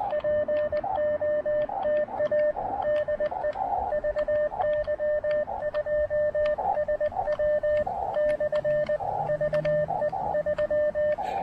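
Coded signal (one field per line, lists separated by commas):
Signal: Morse code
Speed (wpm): 21 wpm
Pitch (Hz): 600 Hz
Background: radio noise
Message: POTA DE VY2SW/VE3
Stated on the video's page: First Canadian Parks on the Air activation, on 30, 20 and 17 meters.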